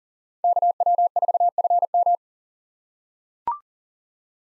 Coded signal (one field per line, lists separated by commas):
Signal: Morse code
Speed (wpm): 37 wpm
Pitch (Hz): 700 Hz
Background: none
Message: KW4FM